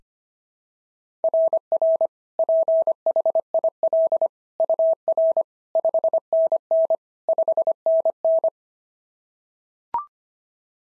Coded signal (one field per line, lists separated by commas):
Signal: Morse code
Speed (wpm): 25 wpm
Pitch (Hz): 650 Hz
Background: none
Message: RR PHIL UR 5NN 5NN